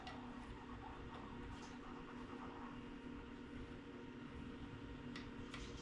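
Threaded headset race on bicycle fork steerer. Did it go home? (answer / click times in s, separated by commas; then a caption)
yes / 5.2 s, 5.5 s. A threaded headset cup/race on a 1970 Schwinn bicycle is turned backwards on the steel fork steerer against a steady background hum. Faint clicks at 5.2 s and 5.5 s mark the thread start dropping into place, so the race is seated and ready to be threaded on.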